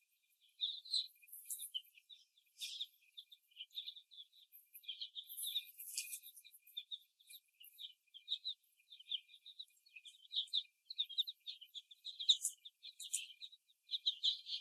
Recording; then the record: young laying hens in a cage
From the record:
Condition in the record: before the stressor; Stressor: simulated dog barking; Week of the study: 1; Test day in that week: 2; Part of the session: 1